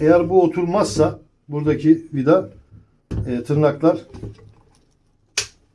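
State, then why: Seated. A plastic kettle part with two retaining tabs is pushed home onto the kettle body while someone talks. After a pause, one sharp click is heard at 5.4 s as the tab clicks into place, and the part is seated.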